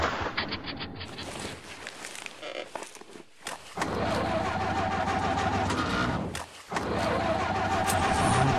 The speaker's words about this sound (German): Der Motor ist abgeregt. Schluss, aus, wir sind am Ende.